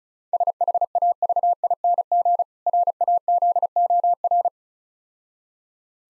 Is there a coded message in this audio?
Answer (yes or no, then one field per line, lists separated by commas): yes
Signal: Morse code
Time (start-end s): 0.3-4.5 s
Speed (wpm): 36 wpm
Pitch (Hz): 700 Hz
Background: none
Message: SHAVING RAZOR